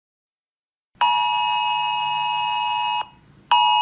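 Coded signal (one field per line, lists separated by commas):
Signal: Emergency Alert System (SAME) tones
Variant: 853 and 960 Hz attention tone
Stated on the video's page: Fictional EAS scenario made as a collaboration.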